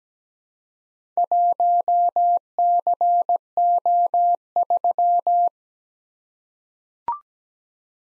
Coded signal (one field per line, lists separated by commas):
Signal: Morse code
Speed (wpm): 17 wpm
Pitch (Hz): 700 Hz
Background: none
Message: 1CO3